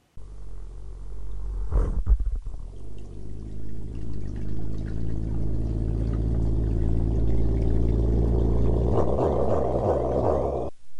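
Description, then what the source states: Harbor seal underwater calls: low, rumbling growls with steady droning bands, after a few sharp knocks early on. Male harbor seal; underwater vocalizations; several calls from a single recording session.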